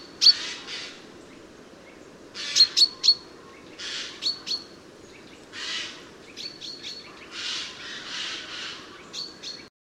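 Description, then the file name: Eurasian jay giving harsh, rasping screeches in separate bursts, with short high ticking notes between them and a low steady background hum. "Garrulus glandarius"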